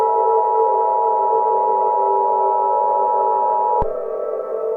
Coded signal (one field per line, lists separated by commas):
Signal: Emergency Alert System (SAME) tones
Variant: 853 and 960 Hz attention tone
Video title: EAS Scenario - Yellowstone Eruption